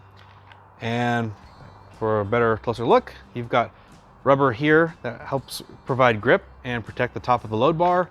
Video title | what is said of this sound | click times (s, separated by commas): Yakima KeelOver Canoe Mount - The Rack Shop - Austin, TX | so for this one we're gonna put it right in the middle snaps into place | 0.5 s